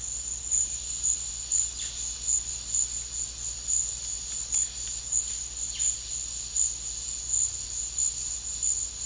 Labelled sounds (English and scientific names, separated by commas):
none